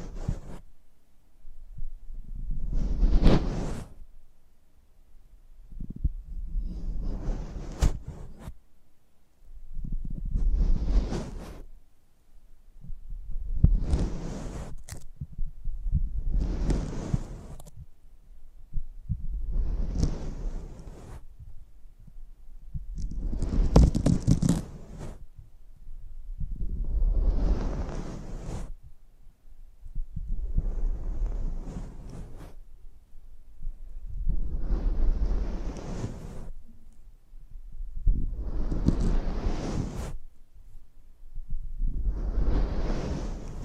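Close-up mic treatment: deep, rumbling rushes of air swell and fade about every three to four seconds, each peaking with a brief hissy brightness.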